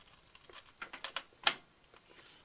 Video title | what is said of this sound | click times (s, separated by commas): How to make a computer step by step. | when you're placing it in you give it a push and you hear a little click that's | 1.2 s, 1.5 s